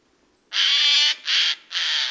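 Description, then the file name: Eurasian jay giving harsh, rasping screeches, three in a row, the first long and the second shorter, with a quiet background. "Garrulus glandarius"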